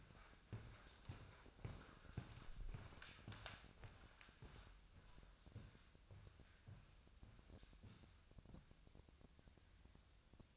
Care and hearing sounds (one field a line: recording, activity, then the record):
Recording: daily activity, microphone in the room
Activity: walk to room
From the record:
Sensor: 2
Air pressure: 999.3 hPa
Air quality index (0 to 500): 193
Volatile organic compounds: 26 ppm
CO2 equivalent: 2857 ppm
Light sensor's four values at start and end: 7/16/6/6 and 7/16/7/7